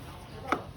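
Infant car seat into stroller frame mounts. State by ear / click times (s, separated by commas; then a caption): seated / 0.5 s. An infant car seat is pushed down onto the frame mounts of a Joie Muze LX stroller and locks with a single sharp click at 0.5 s, the sound that indicates it is locked. The click stands out briefly above a low background hum, and the seat is seated and locked.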